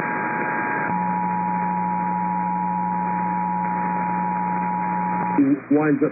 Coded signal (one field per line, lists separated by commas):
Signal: Emergency Alert System (SAME) tones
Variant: 853 and 960 Hz attention tone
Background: speech